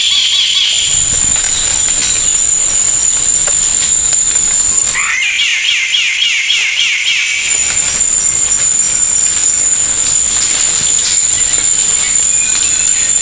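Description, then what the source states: Bird song: a brief burst of rapid, wavering chirps in the middle, between stretches of a shrill high whine and steady hiss. Bird with a melodious voice.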